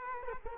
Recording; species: mosquito wingbeat signal from an infrared sensor; Culex quinquefasciatus